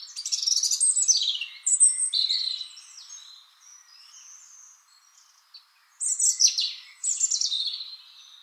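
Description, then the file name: European robin singing a liquid, high-pitched run of varied whistles and trills, then pausing on faint notes before a second bright cascading phrase. "Erithacus rubecula"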